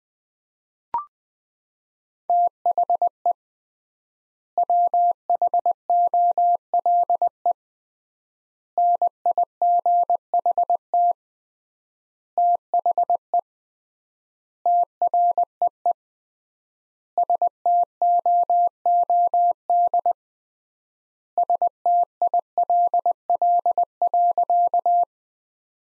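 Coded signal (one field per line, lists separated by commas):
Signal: Morse code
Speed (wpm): 20 wpm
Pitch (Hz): 700 Hz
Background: none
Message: THE WHOLE NIGHT THE TREE STOOD STILL.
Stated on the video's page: Morse practice sentences from the top 500 words at 20 wpm with 3x standard word-spacing, a Farnsworth-like method for words.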